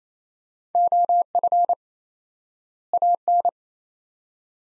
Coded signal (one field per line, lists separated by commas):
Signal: Morse code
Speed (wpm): 28 wpm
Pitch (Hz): 700 Hz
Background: none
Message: OF AN